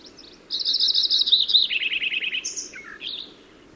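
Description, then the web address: Lincoln's sparrow singing a bubbly, jumbled song: a rapid high trill, then a lower trill, ending in short varied chirps, all in about three seconds. Recorded in California. "Lincoln's Sparrow Sounds Calif CLO"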